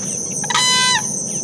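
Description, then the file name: Whooping crane with one brassy, level trumpeting note, rich in overtones and ending with a slight downward flick, against continuous high-pitched insect drone. "Whooping Crane - Grus americana"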